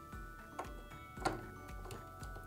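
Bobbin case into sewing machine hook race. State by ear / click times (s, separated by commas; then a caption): not seated / none. A bobbin case is handled and inserted into the hook race of a Janome sewing machine, with short, light ticks and taps at about 0.6, 1.3 and 1.9 seconds over a steady background. Nothing has snapped or seated yet by the end.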